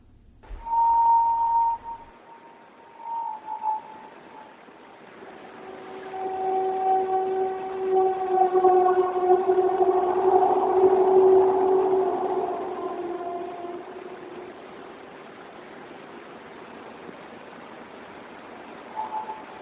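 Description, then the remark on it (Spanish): A mysterious droning hum of layered, horn-like tones holds steady, swells louder through the middle, then thins out and lingers faintly toward the end, with no one talking. “Dijeron que era el sonido llamado The Ham.”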